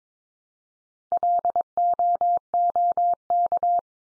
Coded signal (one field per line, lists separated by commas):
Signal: Morse code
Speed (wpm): 22 wpm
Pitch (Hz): 700 Hz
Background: none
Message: LOOK